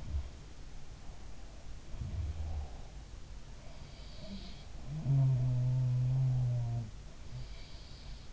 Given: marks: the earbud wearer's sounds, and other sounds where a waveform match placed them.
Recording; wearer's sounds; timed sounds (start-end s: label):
sounds in sleep by an in-ear microphone; breath
0.84-3.02 s: breath
1.69-2.87 s: sound from someone else or the room
4.17-6.95 s: sound from someone else or the room